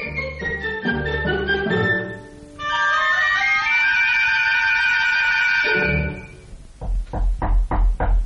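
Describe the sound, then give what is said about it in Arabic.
Sustained orchestral music swells and fades, then a series of about five firm, evenly spaced knocks on a house door, late while people are asleep, thud out on their own. “أيطرق الطارقون بيوت الحرائر وجه الصحر؟”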